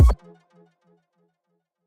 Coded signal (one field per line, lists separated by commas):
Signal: none